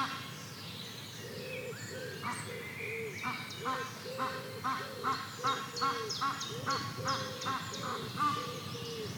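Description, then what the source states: Ducks calling: scattered honking quacks that settle into a quick, regular series, with a soft breeze underneath. Meadow atmosphere with a light breeze.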